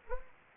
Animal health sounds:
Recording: mosquito wingbeat signal from an infrared sensor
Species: Anopheles gambiae

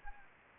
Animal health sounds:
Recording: mosquito wingbeat signal from an infrared sensor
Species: Anopheles gambiae

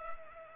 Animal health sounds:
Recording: mosquito wingbeat signal from an infrared sensor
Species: Culex pipiens

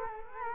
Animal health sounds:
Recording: mosquito wingbeat signal from an infrared sensor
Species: Culex quinquefasciatus

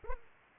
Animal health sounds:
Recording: mosquito wingbeat signal from an infrared sensor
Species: Aedes aegypti

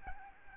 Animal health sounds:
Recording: mosquito wingbeat signal from an infrared sensor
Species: Aedes albopictus

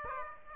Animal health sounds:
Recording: mosquito wingbeat signal from an infrared sensor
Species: Aedes aegypti

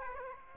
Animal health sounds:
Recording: mosquito wingbeat signal from an infrared sensor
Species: Aedes aegypti

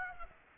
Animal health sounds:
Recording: mosquito wingbeat signal from an infrared sensor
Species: Aedes aegypti

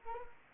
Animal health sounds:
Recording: mosquito wingbeat signal from an infrared sensor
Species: Anopheles arabiensis

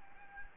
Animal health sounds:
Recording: mosquito wingbeat signal from an infrared sensor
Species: Anopheles gambiae

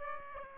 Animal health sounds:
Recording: mosquito wingbeat signal from an infrared sensor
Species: Aedes aegypti

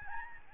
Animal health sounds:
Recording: mosquito wingbeat signal from an infrared sensor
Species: Aedes albopictus

